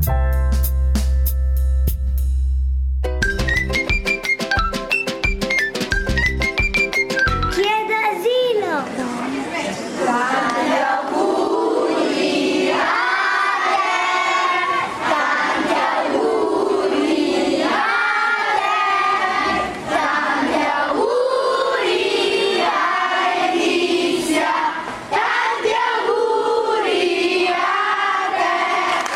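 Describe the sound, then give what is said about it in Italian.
After a short stretch of stepped, tone-like notes, a large group of children at a school chants loudly and enthusiastically in unison for Milan mayor Letizia Moratti on her visit, their high voices rising and falling in rhythmic chorus for about twenty seconds. “Questo coro di bambini entusiasti per il sindaco di Milano Letizia Moratti in visita a una scuola.”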